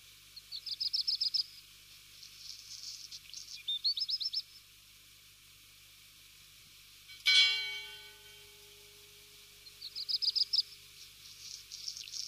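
Black redstart giving short, high, scratchy buzzing bursts in four separate phrases, with a sharp knock and a fading ringing tone midway through.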